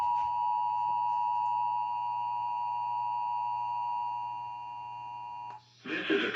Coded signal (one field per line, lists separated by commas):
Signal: Emergency Alert System (SAME) tones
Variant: 853 and 960 Hz attention tone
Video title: GSP's Tornado Drills and Mental Breakdowns... | EAS #2265-2335 (EAS Tests from March 2022)